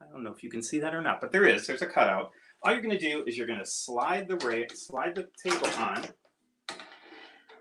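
A plastic extension table is being lined up with a cutout in the rails of a Brother Persona PRS100 embroidery machine while someone talks. Near the end comes a brief handling knock. Nothing has seated or clicked yet; the table has not been pushed home.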